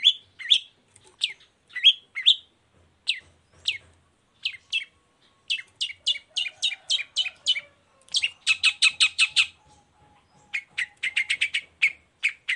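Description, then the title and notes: Long-tailed shrike song: varied short chirps and slurred whistles, then bursts of rapid harsh stuttering notes, sung in a busy, uneven rhythm. Morning singing with varied "toet toet" notes, used as a lure to provoke other long-tailed shrikes into answering. "Cendet Gacor Dor Di Kala Pagi Toet Toet Variasi Suara. Pancingan Emosi Cendet Gacor Full Variasi Toet Toet Bikin Nyaut Cendet Lain Langsung Ikutan Bunyi. Burung cendet"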